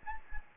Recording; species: mosquito wingbeat signal from an infrared sensor; Anopheles gambiae